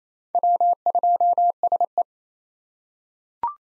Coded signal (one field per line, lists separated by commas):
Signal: Morse code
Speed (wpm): 28 wpm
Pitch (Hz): 700 Hz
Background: none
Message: W2SE